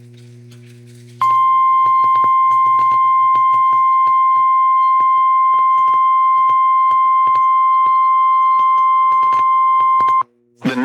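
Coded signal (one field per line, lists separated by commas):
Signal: Emergency Alert System (SAME) tones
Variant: 1050 Hz attention tone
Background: music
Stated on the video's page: EAS alerts received from NOAA Weather Radio transmitters and AM/FM broadcast stations in Tennessee.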